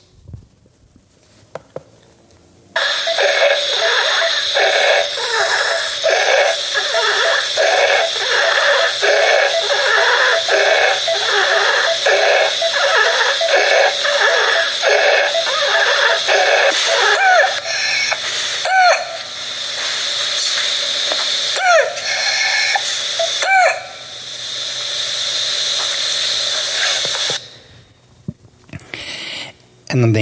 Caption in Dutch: Pseudocroup of laryngitis subglottica. Een duidelijke belemmering bij, vooral het inademen. En ik hoor daarbij een continu aanwezig, hoogfrequent geluid bij het inademen. Dus dat klinkt als een inspiratoire stridor. Bovendien hoor ik ook een heel hoogfrequent hoesje. En dat klinkt bijna als een pasgeboren baby die aan het huilen is. Dat is een zeehondenhoest.